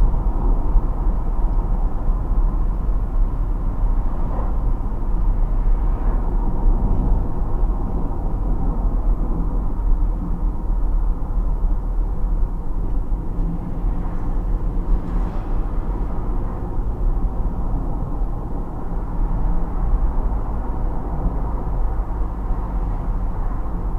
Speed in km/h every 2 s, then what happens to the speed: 68, 66, 64, 62, 59, 53, 51, 53, 55, 57, 55, 53.
0-11 slows to 51. 17-24 steady at about 55.